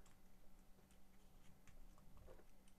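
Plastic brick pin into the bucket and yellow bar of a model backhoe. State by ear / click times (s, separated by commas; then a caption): not seated / none. A plastic LEGO building-brick pin is being handled and pushed through the yellow bar toward the bucket of a LEGO set 42004 mini backhoe model. Only faint, soft plastic ticks and handling noises are heard over a steady low hum. The pin has not yet snapped home, and nothing has seated or clicked.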